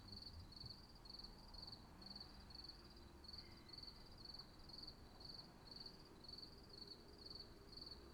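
High, pulsed cricket chirps repeating roughly twice a second in a steady pattern, with a low hum underneath.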